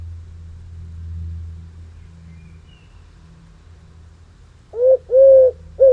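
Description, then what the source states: Dove cooing: three short, low purring coos in quick succession near the end, after several seconds of quiet with a faint low hum. European turtle dove cooing on the nest.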